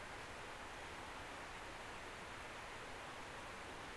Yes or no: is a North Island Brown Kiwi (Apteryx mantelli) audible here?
no